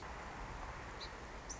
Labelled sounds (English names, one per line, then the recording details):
Song Sparrow
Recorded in Sonoma County, California